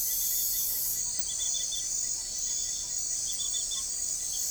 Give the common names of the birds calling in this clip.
none